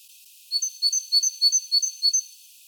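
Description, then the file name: Great tit song: six quick two-note phrases, a lower note followed by a higher one, repeated steadily over about two seconds. "Parus major"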